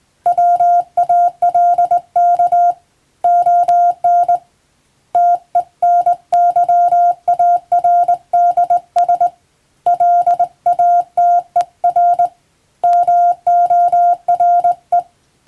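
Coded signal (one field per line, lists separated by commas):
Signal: Morse code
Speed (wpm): 20 wpm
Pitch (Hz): 700 Hz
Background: none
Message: WALK ON TEN YARDS LATER MORE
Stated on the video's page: Morse sent on the amateur bands by a first-class radiotelegraph operator using a telegraph key, as practice.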